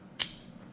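After an earlier weak attempt, the blade and ratchet lock of a plastic Beyblade X Steel Samurai 4-80T spinning top is twisted together again. It gives one louder, sharper click at 0.2 s that fades quickly into quiet. The lock clicks firmly and is seated, a better result than before.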